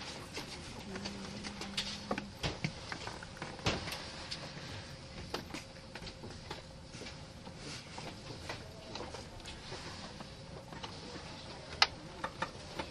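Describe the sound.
A Kintetsu 80000 series Hinotori limited express train runs at steady speed, with a constant low rumble and a faint held tone throughout. Frequent small clicks and knocks scatter across the clip, a brief low hum sounds near the start, and a sharp click comes near the end.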